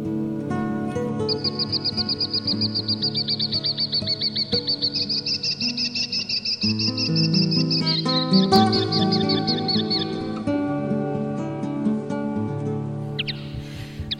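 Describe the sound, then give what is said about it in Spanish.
A linnet, perched on a branch of a small tree, sings a long, rapid, high-pitched twittering trill that runs for several seconds, shifting pitch slightly midway, over a steady low background hum. “Bueno, pues este pajarito que estáis escuchando, según me dijo un compañero experto en el tema, parece ser que es un pardillo.”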